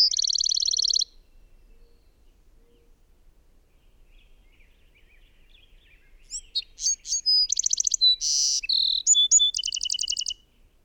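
Bird singing a high trill that breaks off, followed after several seconds of near silence by a full varied phrase of whistles, buzzes and rapid trills.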